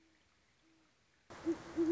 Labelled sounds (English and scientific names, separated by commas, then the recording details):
Great Horned Owl (Bubo virginianus)
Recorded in Sonoma County, California